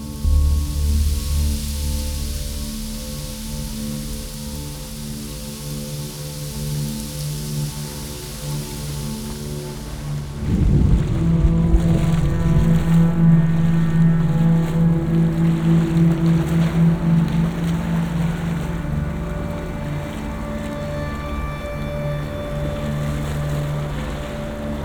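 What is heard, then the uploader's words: A generative sound environment of layered, steady low drones with bright hiss floating above for the first ten seconds. Around eleven seconds a sudden swell changes the scene: the hiss thins and a pulsing, warbling mid-low tone flutters until about eighteen seconds. A sound environment, in the form of a generative system, based on the creation of a virtual microcosm made of sounds. The sounds of air are modulated by the data of the values of PM10 air pollution in Orleans, the sounds of water are controlled by the accelerated data of Venice tides. Live recording.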